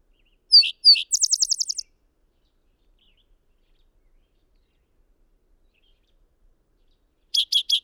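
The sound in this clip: Bird song: two sharp high chirps and a fast trill of quick notes, then silence, with another burst of high repeated notes at the end.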